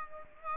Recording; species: mosquito wingbeat signal from an infrared sensor; Aedes aegypti